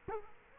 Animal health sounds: mosquito wingbeat signal from an infrared sensor; Culex quinquefasciatus

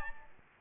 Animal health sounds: mosquito wingbeat signal from an infrared sensor; Aedes aegypti

